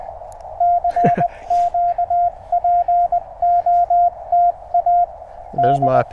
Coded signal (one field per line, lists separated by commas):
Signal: Morse code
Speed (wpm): 21 wpm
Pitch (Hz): 700 Hz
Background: speech, radio noise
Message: CQ POTA D